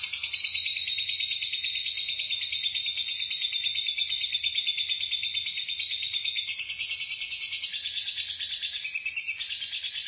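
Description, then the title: Lovebird chattering song: a long, unbroken stream of rapid, high, scratchy trills, with the pitch stepping up for a moment in the second half before settling back. "BM Suara Burung Lovebird"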